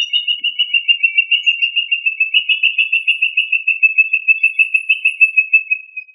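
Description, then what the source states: Quail call: a long, high, rapidly pulsed whistle held steadily on nearly one pitch for about six seconds, fading at the end. Family Tinamidae; local name Puyuh.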